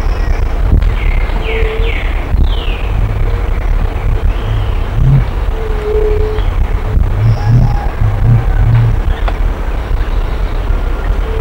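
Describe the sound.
Bird calls, a few quick downslurred whistled notes early on, over loud, constant low traffic rumble.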